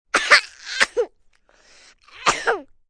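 Two bursts of high-pitched, wet baby coughing, three coughs then one, separated by a soft breath; a stock sick sound effect.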